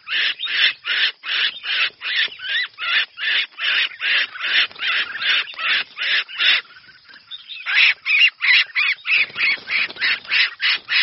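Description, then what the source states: Red-whiskered bulbul calling in a rapid string of coarse, rasping notes, pausing briefly around the middle before the harsh series resumes. Distress call.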